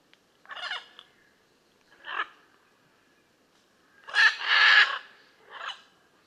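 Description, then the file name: Blue-and-yellow macaw with loud, raucous screeches: two separate squawks, then a long drawn-out harsh call and one final squawk, in a quiet background. "Blue and yellow Macaw Ara ararauna"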